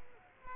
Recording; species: mosquito wingbeat signal from an infrared sensor; Culex quinquefasciatus